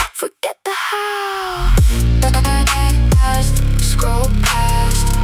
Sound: Glitch Vocoder effect on vocals